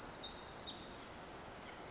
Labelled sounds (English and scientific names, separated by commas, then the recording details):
Pacific Wren (Troglodytes pacificus)
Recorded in Sonoma County, California